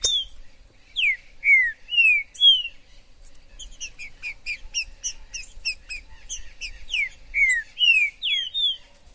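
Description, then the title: Green-winged saltator delivering loud falling whistles, then a run of softer rapid chirps and ticks, before returning to the strong whistled phrase. Trinca-ferro in the forest, chirping, singing and acting male in a song dispute, described as a 'major' singer; meant to stir up a pet saltator. "Esse VÍDEO de TRINCA FERRO no MATO vai DEIXAR seu TRINCA LOUCO!! Trinca ferro MAJOR no MATO!!"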